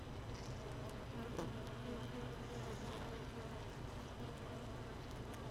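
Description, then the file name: Honey bee hive buzz, a dense steady droning hum with layered low tones throughout, broken by a few faint ticks and taps. Honey bee hive without a queen, hive 1, 31 May 2018. "Hive 1 31 05 2018 NO Queen Bee"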